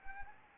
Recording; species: mosquito wingbeat signal from an infrared sensor; Anopheles gambiae